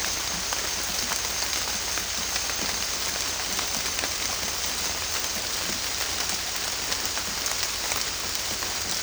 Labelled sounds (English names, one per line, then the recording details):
none
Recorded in secondary vegetation near Puerto Asís, Putumayo, Colombia, on 22 December 2024 at 18:00
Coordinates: 0.484, -76.319
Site GP06